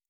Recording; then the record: hydrophone in a shrimp aquaculture tank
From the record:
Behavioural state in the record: normal